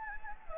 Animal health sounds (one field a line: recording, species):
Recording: mosquito wingbeat signal from an infrared sensor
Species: Anopheles gambiae